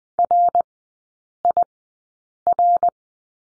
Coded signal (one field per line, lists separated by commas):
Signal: Morse code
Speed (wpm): 20 wpm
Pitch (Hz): 700 Hz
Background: none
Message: RIR